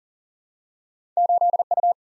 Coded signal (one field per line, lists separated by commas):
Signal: Morse code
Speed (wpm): 40 wpm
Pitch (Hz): 700 Hz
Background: none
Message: 8 U